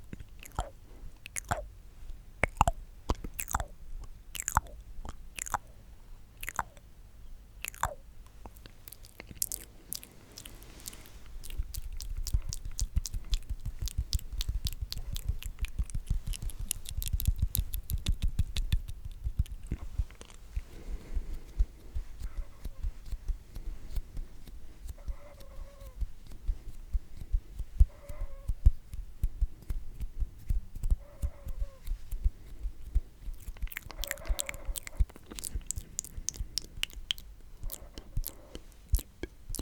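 Mouth sounds made up of sharp wet clicks and pops, spaced out in the first ten seconds, then packed into a dense, crackling run with a low rumble underneath until about 19 seconds. After that the clicks thin out again, with a few short, higher smacks around 25, 28 and 34 seconds.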